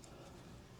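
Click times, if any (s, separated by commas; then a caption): none. The plastic bottom cover of an ROG G614JU laptop, laid upside down, is being handled as it goes back onto the chassis, with its retaining clips not yet snapped in. Only a steady, low handling rustle with faint ticking is heard for 0.8 seconds, with no sharp snap. Nothing has seated or clicked yet.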